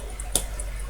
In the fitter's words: you heard that snap and they get snapped in finally yeah